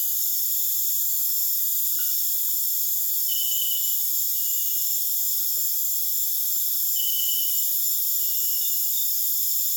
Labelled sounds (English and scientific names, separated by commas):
none